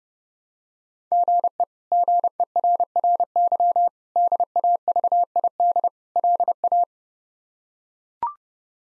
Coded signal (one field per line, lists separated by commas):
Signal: Morse code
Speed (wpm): 32 wpm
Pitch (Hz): 700 Hz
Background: none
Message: GE GERRY DAVID LA